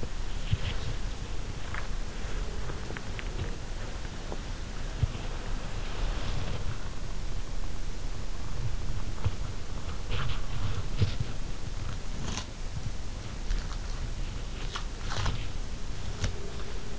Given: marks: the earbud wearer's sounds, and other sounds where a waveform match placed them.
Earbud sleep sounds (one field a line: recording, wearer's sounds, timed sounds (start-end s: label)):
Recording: sounds in sleep by an in-ear microphone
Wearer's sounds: body movement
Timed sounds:
0.00-16.99 s: body movement